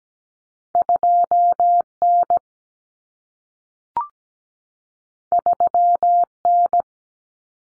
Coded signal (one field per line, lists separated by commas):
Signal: Morse code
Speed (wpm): 17 wpm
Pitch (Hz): 700 Hz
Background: none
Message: 2N 3N